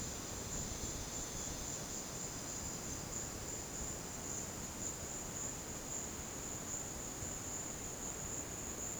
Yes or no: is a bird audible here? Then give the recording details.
no. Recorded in dense forest near Puerto Asís, Putumayo, Colombia, on 13 March 2025 at 17:00. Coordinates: 0.486, -76.317. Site G053